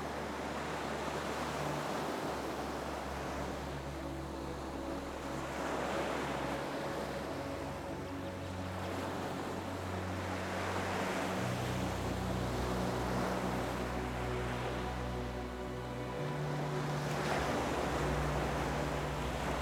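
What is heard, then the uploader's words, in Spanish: Soft music with low sustained bass tones and a quiet melody blends with steady, rushing waves that swell and ease every few seconds. Las melodías suaves se mezclan con los sonidos tranquilizadores de las olas.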